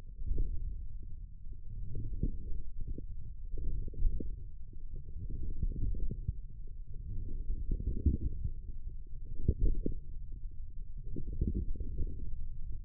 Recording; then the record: forearm muscle sounds (acoustic myography)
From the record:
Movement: wrist flexion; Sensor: system 1, eight BSWA MPA416 microphones around the upper forearm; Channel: 6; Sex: male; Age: 42 years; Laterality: right